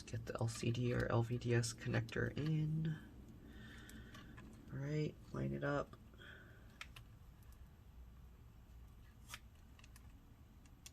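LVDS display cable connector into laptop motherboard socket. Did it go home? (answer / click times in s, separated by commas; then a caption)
no / none. Someone talks while the LCD/LVDS display cable connector of an MSI G Series GS60 laptop is lined up on its motherboard socket, followed by quiet handling with a few faint sharp ticks. Nothing has seated or clicked yet.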